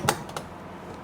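On a 2020-2022 Indian Challenger motorcycle, the saddlebag lid latch is closed into its tumbler lock to check that the tumbler works. Two sharp latch clicks sound at 0.1 s and 0.4 s, the first louder. The latch is confirmed seated.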